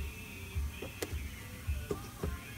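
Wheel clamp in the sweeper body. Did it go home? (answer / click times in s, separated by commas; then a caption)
no / none. The second wheel clamp, on the opposite side of a sweeper body, is handled and pushed in, clamp up and clamp down, making a few low thumps and short sharp ticks over a quiet background hum. Nothing has seated or clicked yet; the clamp has not gone home to its 3/32-inch recess.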